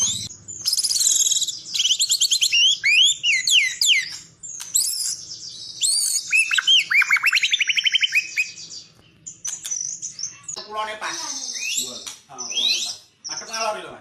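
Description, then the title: White-rumped shama song: dense rapid trills and twisting high whistles, slurred and buzzy, with a quieter stretch before scratchy chatter resumes. "murai batu"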